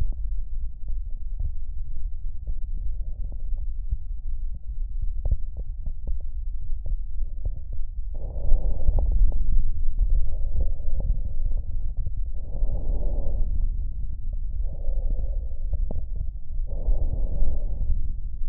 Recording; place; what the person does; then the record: lung sounds by stethoscope; left posterior basal chest; quiet breathing, then deep breathing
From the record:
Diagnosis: interstitial lung disease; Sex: male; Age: 75 years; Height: 167 cm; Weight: 68 kg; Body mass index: 24.4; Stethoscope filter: extended mode